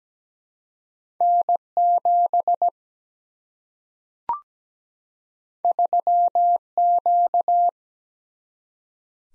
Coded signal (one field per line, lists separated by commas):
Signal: Morse code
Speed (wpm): 17 wpm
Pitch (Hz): 700 Hz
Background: none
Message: N7 3Q